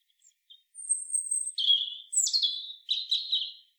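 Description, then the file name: European robin song: a long thin high whistle, then lower drawn-out notes and quick slurred twittering, all clear against silence. "Erithacus rubecula"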